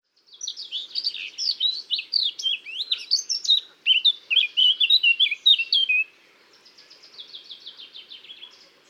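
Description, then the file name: Eurasian blackcap song: a rapid, scratchy warble of varied high chirps and twitters for about six seconds, then a softer, evenly repeated series of notes. "Sylvia atricapilla"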